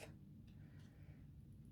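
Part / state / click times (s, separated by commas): square resin drill into diamond painting canvas grid / not seated / none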